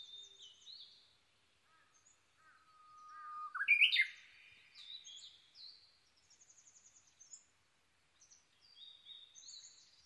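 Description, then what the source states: Japanese bush warbler song, a long crescendo whistle ending in a loud quick flourish, surrounded by high chirps and a rapid twittering trill from other birds. Recorded 22 May 2011 at 05:58.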